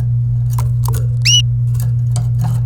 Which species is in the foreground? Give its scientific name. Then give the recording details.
Serinus canaria. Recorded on 27 April 2018 at 10:13. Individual llb3